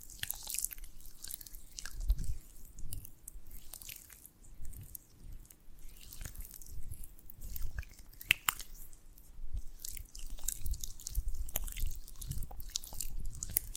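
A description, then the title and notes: Honeycomb being chewed and bitten, with wet, sticky squishing and occasional small crunches. Soft mouth sounds come in irregular bursts every second or so, low and muffled with brief bright crackles, the loudest snaps near two and eight seconds. ASMR of a Honeycomb on Branch (No Talking).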